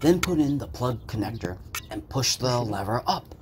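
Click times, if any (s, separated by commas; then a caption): none. A transmission wiring plug connector is being handled for insertion into the conductor plate socket, the transmission adapter, of a Dodge/Chrysler/Mercedes/Jeep NAG1 722.6 transmission, with its locking lever to be pushed up to draw it in. Only someone talking is heard throughout the clip, with no distinct mechanical sound. Nothing has seated or clicked yet.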